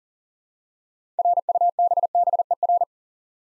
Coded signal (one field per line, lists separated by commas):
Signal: Morse code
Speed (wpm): 42 wpm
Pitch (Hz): 700 Hz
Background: none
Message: RUBBER